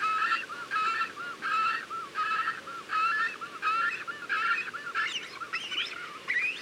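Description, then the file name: Cormorant calls: hoarse, honking harmonic notes repeated about every two-thirds of a second, turning higher and more squealing near the end, over a steady hiss. Calling at the nest. "CORMORANS AU NID"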